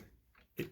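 A metal kick-start shaft with its spring, slid onto the splines, is rotated counterclockwise inside a Honda XL600R motorcycle engine case. A faint tick at 0.4 s is followed by a sharp click at 0.6 s as the shaft passes the small stopper bracket at the back. The shaft is seated.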